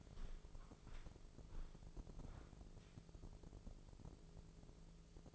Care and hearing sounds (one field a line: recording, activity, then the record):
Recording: daily activity, microphone in the room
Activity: walk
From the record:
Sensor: 5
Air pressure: 1005.6 hPa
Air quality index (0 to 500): 88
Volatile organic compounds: 2 ppm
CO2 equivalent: 1070 ppm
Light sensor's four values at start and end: 33/76/30/28 and 33/76/30/28